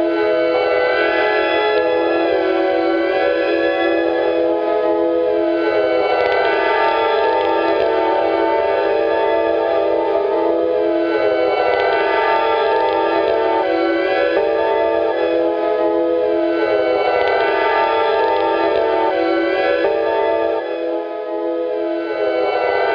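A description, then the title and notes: An analog noisescape of thick, stacked droning tones, loud and unbroken from start to finish. Wavering, siren-like sweeps rise and fall through the middle and upper range roughly every five seconds, with a brief thinning of the low end near the twenty-one second mark. Analog Noisescape.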